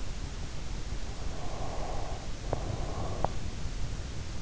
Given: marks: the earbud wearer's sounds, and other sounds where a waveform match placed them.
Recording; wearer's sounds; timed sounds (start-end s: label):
sounds in sleep by an in-ear microphone; breath
1.31-3.51 s: breath